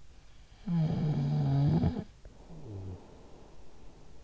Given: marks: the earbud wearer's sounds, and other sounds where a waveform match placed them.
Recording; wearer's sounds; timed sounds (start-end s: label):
sounds in sleep by an in-ear microphone; snoring breath
0.01-4.15 s: snoring breath